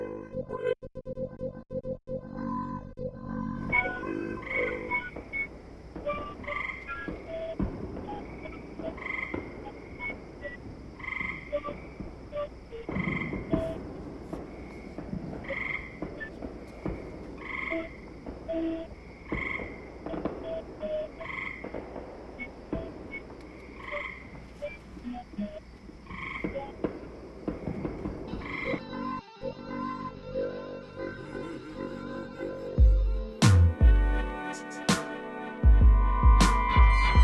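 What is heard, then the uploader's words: Frogs croak in a dense, overlapping chorus, with repeated calls pulsing every second or so from about four seconds on. The calls sit in a bright, mid-high range over a low rumble. Near the end, loud sharp knocks and clattering handling sounds break in. Frogs.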